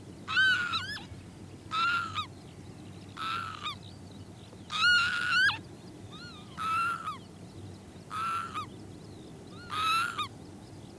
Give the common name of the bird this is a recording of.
Northern Lapwing